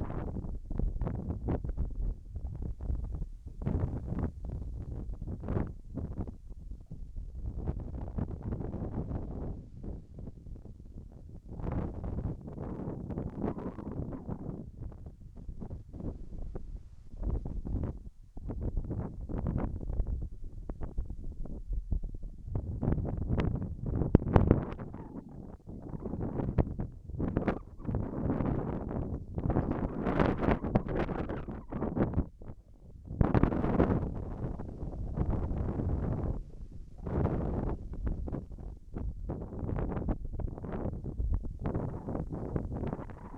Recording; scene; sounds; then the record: everyday scene through a hearing-aid microphone; wind on the microphone; wind, whistling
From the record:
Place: in front of a rural house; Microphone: behind the ear, left, front